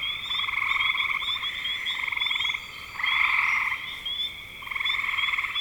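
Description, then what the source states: Frog chorus of buzzy, rapidly pulsed trills rising and falling in loudness, with light high chirps running through it. Recorded in spring 2025.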